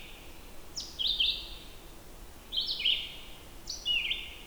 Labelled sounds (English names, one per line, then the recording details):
Red-eyed Vireo song
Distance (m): 30 m
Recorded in boreal forest in Alberta, Canada, on 14 June 2016 at 06:56
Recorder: SongMeter 3, array SBT-3-33
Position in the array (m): 132 m, 157 m